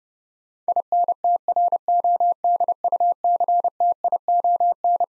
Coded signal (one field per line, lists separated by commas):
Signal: Morse code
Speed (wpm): 30 wpm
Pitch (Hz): 700 Hz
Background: none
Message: INTRODUCTION